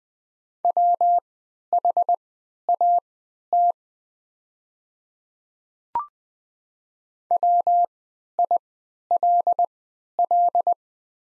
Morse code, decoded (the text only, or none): WHAT WILL